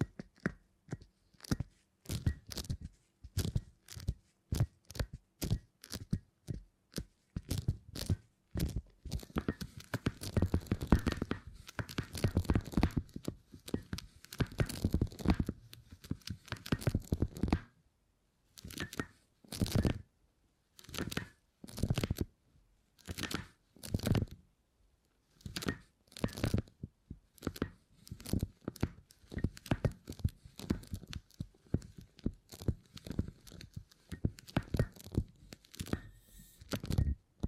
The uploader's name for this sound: Brain Tingly Sounds Using Beeswax